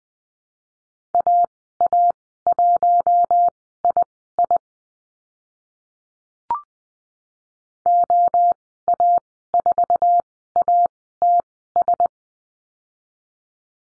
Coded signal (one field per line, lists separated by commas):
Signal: Morse code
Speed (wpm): 20 wpm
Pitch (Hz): 700 Hz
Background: none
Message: AA1II OA4ATS